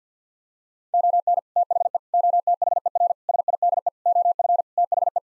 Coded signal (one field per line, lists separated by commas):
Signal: Morse code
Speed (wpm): 50 wpm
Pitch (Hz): 700 Hz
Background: none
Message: ON THE OTHER SIDE OF THE